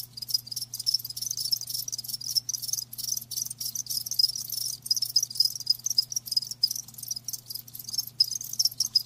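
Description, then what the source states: Cricket chorus with fast, continuous high-pitched pulsed chirps in short bursts, accompanied by a constant low electrical-sounding hum. Live crickets chirping, a lulling song.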